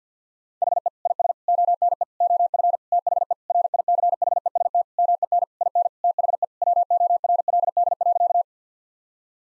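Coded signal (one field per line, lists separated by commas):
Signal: Morse code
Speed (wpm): 50 wpm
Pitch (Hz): 700 Hz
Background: none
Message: HE IS ONE OF THE RICHEST MEN IN THE WORLD.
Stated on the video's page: Morse practice sentences of common eight-word phrases at 50 wpm; each sentence sent, then spoken, then sent again for head-copy practice.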